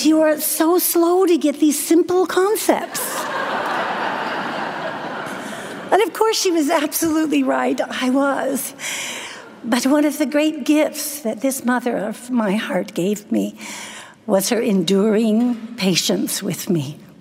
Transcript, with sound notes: You are so slow to get these simple concepts!” (laughter) But of course, she was absolutely right. I was! But one of the great gifts that this mother of my heart gave me was her enduring patience with me.